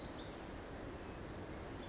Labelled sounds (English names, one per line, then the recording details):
Pacific Wren
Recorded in Sonoma County, California